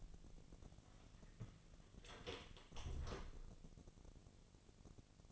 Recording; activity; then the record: daily activity, microphone in the room; close door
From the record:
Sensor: 4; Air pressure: 1001.2 hPa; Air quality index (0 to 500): 184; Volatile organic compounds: 2 ppm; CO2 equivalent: 1314 ppm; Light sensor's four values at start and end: 15/34/14/14 and 17/39/16/16